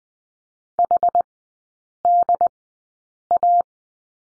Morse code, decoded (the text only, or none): HDA